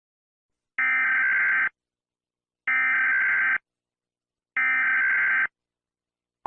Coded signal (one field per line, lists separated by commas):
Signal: Emergency Alert System (SAME) tones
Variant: header bursts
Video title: EAS Scenario - Shockwave (Strange Matter Apocalypse)